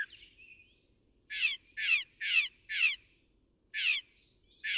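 Northern mockingbird song: a thin falling whistle followed by harsh, raspy repeated notes, four in a row, then more after a short break.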